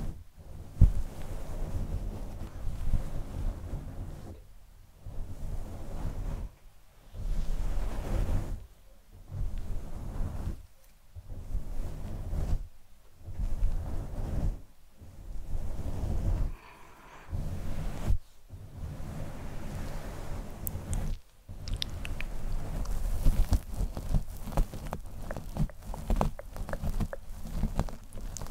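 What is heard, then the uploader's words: Soft rubbing and brushing on a fluffy microphone cover, heavy and muffled in the low end, comes in bursts about two seconds long separated by brief silences. After about twenty seconds the touching turns brighter and crackly, with quick scratching and plucking ticks. SoftGentle Fluffy Mic Touching, Scratching, Plucking.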